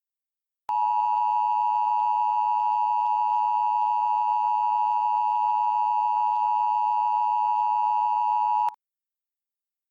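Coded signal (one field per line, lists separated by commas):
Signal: Emergency Alert System (SAME) tones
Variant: 853 and 960 Hz attention tone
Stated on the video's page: Valid EAS tones in a fictional scenario about a fire in Asheville.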